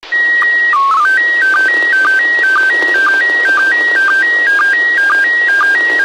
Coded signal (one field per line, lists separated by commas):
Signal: SSTV (slow-scan television)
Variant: PD 120